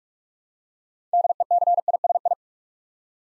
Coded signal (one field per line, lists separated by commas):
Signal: Morse code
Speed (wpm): 44 wpm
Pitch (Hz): 700 Hz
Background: none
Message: DECISI